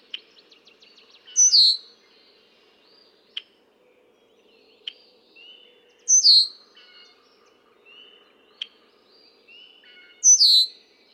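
Red-winged blackbird repeating a loud, falling whistle about every four seconds, with sharp clicks and soft chirps in between.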